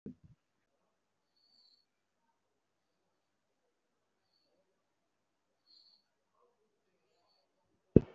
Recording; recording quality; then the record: shallow breathing; excellent, no background noise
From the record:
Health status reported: respiratory illness, not identified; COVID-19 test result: not tested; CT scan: not taken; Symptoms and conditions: chronic lung disease, diabetes, ischaemic heart disease, another condition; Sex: male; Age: 72 years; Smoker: yes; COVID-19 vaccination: none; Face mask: worn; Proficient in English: no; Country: India